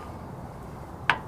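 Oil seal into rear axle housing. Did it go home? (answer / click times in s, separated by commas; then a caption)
no / none. A hammer strikes a seal driver on an oil seal going into the rear axle housing of a Toyota ABS rear end, with the seal already bottomed. A low background hum runs throughout until a single short, dull clunk from the strike at 1.1 s. Nothing has seated or clicked yet in this clip.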